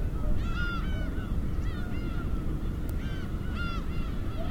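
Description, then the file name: Seagulls giving repeated mewing, downward-slurred calls in short bursts over a steady roar of breaking waves. Seagulls with waves at Hachinohe. "AMBIENCE HACHINOHE SEAGULLS WAVES"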